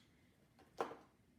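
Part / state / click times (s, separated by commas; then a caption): plastic cap onto a permanent marker / seated / 0.8 s. A plastic cap is pushed back onto a permanent marker and clicks into place at 0.8 seconds with a sharp, short snap. A softer rustle comes just before it. The cap is seated.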